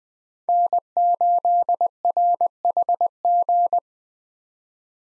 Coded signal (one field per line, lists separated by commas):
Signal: Morse code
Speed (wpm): 21 wpm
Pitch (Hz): 700 Hz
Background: none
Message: N8RHG